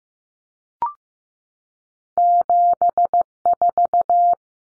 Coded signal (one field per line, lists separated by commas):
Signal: Morse code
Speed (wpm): 15 wpm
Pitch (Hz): 700 Hz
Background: none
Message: 74